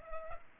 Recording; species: mosquito wingbeat signal from an infrared sensor; Culex pipiens